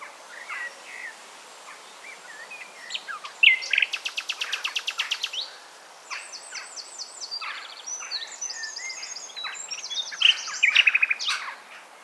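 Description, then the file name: Common nightingale song: rich, varied phrases with rapid machine-gun repeated notes, sharp chirps and buzzy trills following one another. "Luscinia megarhynchos"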